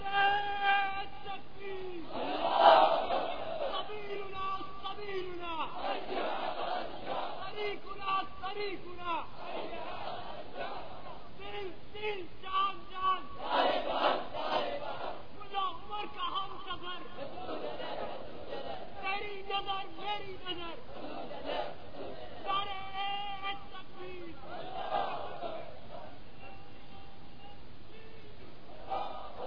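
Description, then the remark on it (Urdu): A crowd of white-bearded elderly men, some around 90 years old, chants slogans together, a dense wall of overlapping male voices rising in loud rhythmic shouts that swell and fall steadily for the whole stretch. “دیکھیں کیسے بزرگ نعرے لگا رہے ہیں سفید داڑیوں والے.”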